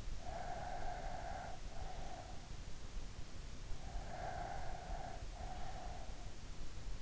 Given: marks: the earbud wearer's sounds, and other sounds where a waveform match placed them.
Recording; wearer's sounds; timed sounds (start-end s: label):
sounds in sleep by an in-ear microphone; breath
0.24-2.45 s: breath
3.87-6.24 s: breath